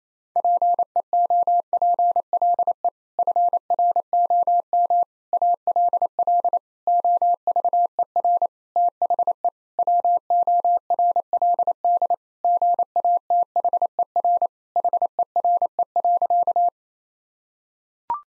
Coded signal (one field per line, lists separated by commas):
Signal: Morse code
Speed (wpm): 28 wpm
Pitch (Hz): 700 Hz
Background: none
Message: PEOPLE FROM ALL OVER THE WORLD GATHER HERE.